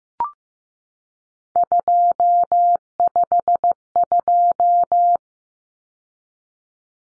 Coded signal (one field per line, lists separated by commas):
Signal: Morse code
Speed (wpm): 15 wpm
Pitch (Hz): 700 Hz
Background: none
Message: 252